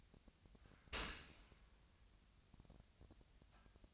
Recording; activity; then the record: daily activity, microphone in the room; open dishwasher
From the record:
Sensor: 2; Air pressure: 1000.3 hPa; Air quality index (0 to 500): 163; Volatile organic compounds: 3 ppm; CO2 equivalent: 1348 ppm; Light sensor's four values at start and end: 11/31/12/14 and 11/31/12/14